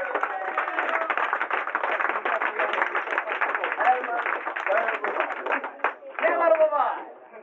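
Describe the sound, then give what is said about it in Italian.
A crowd slaps their knees in place of applause, a dense, steady patter of many quick smacks that holds for several seconds, with voices and a brief shout near the end. “Oh, voglio un applauso globale del ginocchio.”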